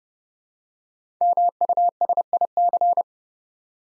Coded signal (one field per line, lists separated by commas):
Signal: Morse code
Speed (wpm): 30 wpm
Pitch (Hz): 700 Hz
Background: none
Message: MUSIC